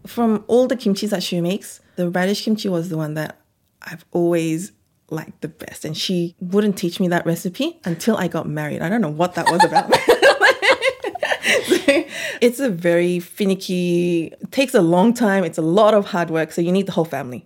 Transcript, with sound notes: from all the kimchis that she makes, the radish, kimchi was the one that I've always liked the best and she wouldn't teach me that recipe until I got married. I don't know what that,was about. (both laugh) It's a very finicky, it takes a long time. It's a lot of hard work, so you need the whole family.